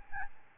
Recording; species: mosquito wingbeat signal from an infrared sensor; Aedes albopictus